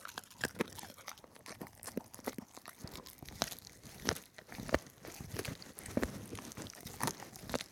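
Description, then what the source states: Dog gnawing, irregular crunching and scraping clicks with occasional louder cracks, uneven bursts of chewing throughout. Dog gnawing a bone.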